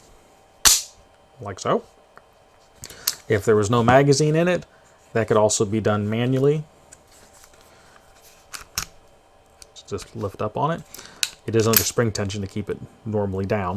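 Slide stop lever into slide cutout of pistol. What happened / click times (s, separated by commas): The steel catch snapped up and locked / 8.8 s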